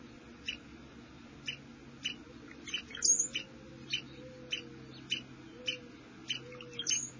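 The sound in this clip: Squirrel calls, short sharp chips spaced about half a second to a second apart, with a faint low whine and steady hum behind.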